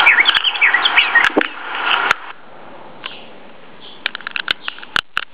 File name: Canto Bigia Grossa